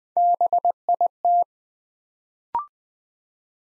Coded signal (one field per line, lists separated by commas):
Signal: Morse code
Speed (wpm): 20 wpm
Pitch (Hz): 700 Hz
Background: none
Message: BIT